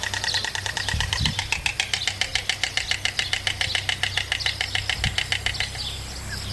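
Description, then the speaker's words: Stork bill clattering: a rapid, rattling series of dry wooden knocks running steadily for several seconds, with a low rumble underneath. Commonly heard bill clattering of a stork. "Es el sonido de una cigüeña crotoreando."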